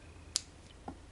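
A moving part of a plastic toy concussion blaster, an action figure accessory, is pulled out slightly and locks into place with a sharp, bright click at 0.4 s. Two fainter ticks follow at about 0.9 s and 1.2 s over a quiet background. The part is seated in its locked position.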